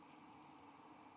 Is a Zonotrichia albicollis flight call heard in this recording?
no